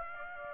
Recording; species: mosquito wingbeat signal from an infrared sensor; Aedes aegypti